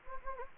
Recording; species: mosquito wingbeat signal from an infrared sensor; Anopheles gambiae